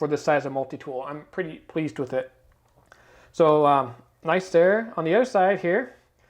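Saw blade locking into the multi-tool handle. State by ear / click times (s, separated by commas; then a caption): not seated / none. Someone talks while handling a stainless steel Leatherman Sidekick multi-tool, turning it over to the other side to open the saw blade so it locks into the handle. A few faint handling taps come in a pause around 2.5 to 2.9 seconds. Nothing has seated or clicked yet.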